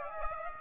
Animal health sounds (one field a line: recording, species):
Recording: mosquito wingbeat signal from an infrared sensor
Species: Aedes aegypti